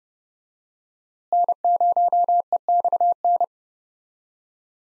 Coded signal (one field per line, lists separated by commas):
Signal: Morse code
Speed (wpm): 32 wpm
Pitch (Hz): 700 Hz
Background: none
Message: N0EXN